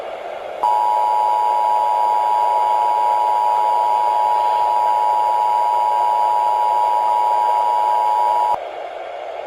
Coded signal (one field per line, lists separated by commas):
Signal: Emergency Alert System (SAME) tones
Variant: 853 and 960 Hz attention tone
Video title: (FIXED!) EAS Mock - Tornado Warning For San Francisco